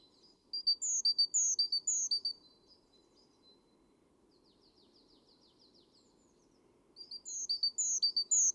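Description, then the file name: Great tit song: bright phrases of two lower notes and a high whistle, repeated briskly for about two seconds, then a pause with faint soft notes before the phrases resume. "Parus major"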